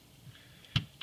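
The metal slide of an SRC TT-33 Limited Edition GBB Tokarev airsoft pistol is pushed back onto the frame rails with a good amount of force. Faint ticks lead into a sharp clack at 0.8 s as the slide seats on the frame, followed by a short tick near 1.0 s.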